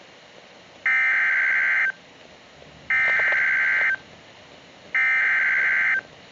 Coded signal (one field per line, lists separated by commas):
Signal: Emergency Alert System (SAME) tones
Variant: header bursts